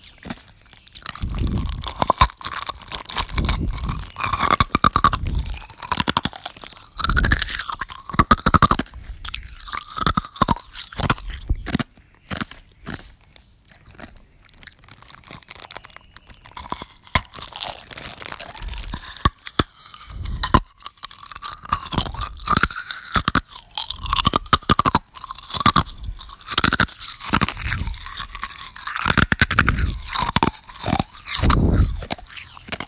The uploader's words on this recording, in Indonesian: ASMR es batu.